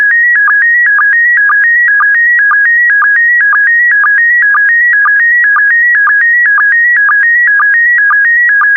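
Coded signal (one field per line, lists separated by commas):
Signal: SSTV (slow-scan television)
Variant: PD120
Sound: steady warbling tone with rhythmic low chirps about twice a second, clean and synthetic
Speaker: complete you can now check your decoded image against the picture that is shown on the video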